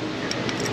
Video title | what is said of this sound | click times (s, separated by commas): Broken Rib Mechanic! Get it DONE! Exhaust ended the day. Silverado 5.3 4.8 6.0 | plug these guys all in make sure you feel the snap and hear the audible kickages it's | 0.3 s, 0.5 s